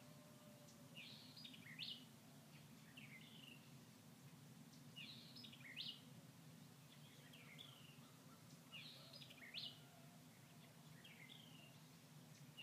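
A bird in a thicket repeats the same short song about every four seconds, a quick burst of bright chirps followed by a softer trailing phrase. Beneath it runs a steady low hum, with faint rustling and outdoor noise throughout.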